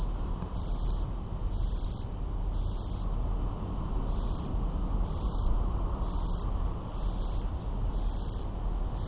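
Madara-suzu cricket song: a high thin buzzing trill in short pulses, about one each second, each lasting under half a second, over a steady low rumble.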